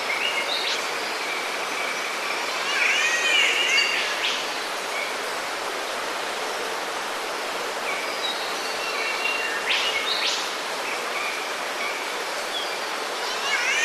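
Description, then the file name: Green Catbird call, a wavering, nasal, mewing phrase early on, among sharp chirps of other birds over a steady rushing hiss. Rainforest setting, by a stream. "zapsplat nature rainforest birds green catbird"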